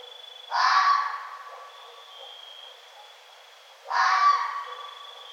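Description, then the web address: Red fox calling twice, rasping screams that die away, over a thin steady high-pitched whine. Recorded 1 November 2011. "sounds mammals Red Fox 2011 11 01 Red Fox"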